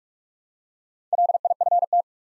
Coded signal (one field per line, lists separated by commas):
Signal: Morse code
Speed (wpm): 45 wpm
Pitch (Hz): 700 Hz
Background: none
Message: LIFT